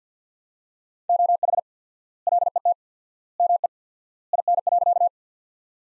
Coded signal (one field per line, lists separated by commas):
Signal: Morse code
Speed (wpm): 50 wpm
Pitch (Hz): 700 Hz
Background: none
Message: OH LET ME IN.